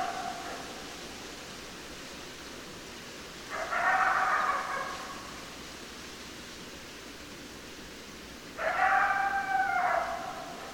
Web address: sounds mammals Coyote 2012 12 10 Coyotes